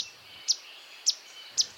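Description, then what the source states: Swainson's Warbler alarm calls: sharp, high chip notes given singly about every half second over a soft, steady background hiss. Alarm given while scurrying away when humans invade its shadowy understory habitat; shy, small brown ground-foraging bird that flips leaves for insects.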